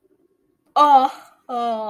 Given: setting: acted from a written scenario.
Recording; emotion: vocal sound without words; shame